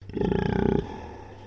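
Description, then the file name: Domestic pig grumbling: one low, rough grunt made of rapid pulses, lasting under a second, then fading to a steady low hum. Landrace pig grumbling indoors. "ANIMAL PIG LANDRACE EDGAR"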